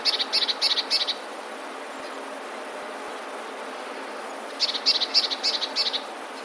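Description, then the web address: Eurasian blue tit song: two short bursts of rapid, high, tinkling notes, the first at the very start and the second after several seconds of quiet background hiss. "modraszkoteka"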